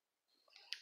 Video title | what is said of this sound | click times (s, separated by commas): (Versão Canhoto) Amigurumi - Jesus Das Santas Chagas Passo a Passo - Tutorial (Parte 1) | okay guys I'm going to tighten it until it clicks | 0.7 s